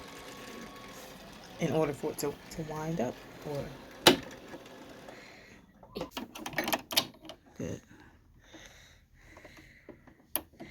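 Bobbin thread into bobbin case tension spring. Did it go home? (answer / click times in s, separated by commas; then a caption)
yes / 10.4 s. Someone talks while bobbin thread is pulled into the metal tension spring of the bobbin case, with a sharp knock at 4.1 seconds and a cluster of clicks and rattles around 6.5 to 7.0 seconds. A small, sharp click at 10.4 seconds marks the thread seating in the spring. A pull on the bobbin thread confirms it is in.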